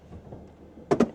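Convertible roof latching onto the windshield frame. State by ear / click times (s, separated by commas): seated / 0.9 s, 1.0 s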